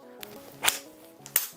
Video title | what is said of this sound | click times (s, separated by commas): NAVEE N65 Electric Scooter for Adults/Teens 500W Motor 10-inch Pneumatic Tires | locked into place we're all set | 1.4 s